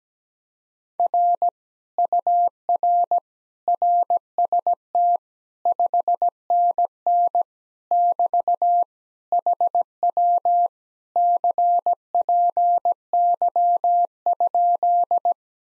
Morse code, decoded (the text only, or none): R UR RST 5NN <BT> HW CPY?